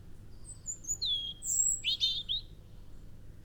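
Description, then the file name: European robin song: thin drawn-out high whistles leading into a short, quick warbling flourish of descending and rising notes. "Erithacus rubecula"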